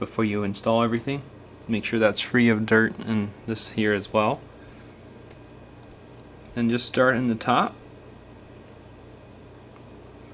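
A plastic midframe is being handled, ready to be pressed onto the screen assembly of a Samsung Galaxy Note 3 starting at the top so its clips snap into place. Someone talks from about 0 to 4.3 seconds and again from about 6.7 to 7.7 seconds, with quiet low background noise in between and after. Nothing has seated or clicked yet.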